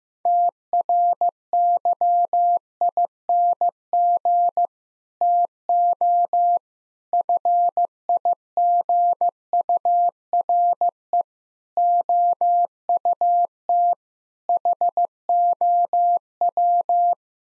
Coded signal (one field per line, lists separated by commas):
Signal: Morse code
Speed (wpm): 15 wpm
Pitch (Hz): 700 Hz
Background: none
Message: TRYING TO FIGURE OUT HOW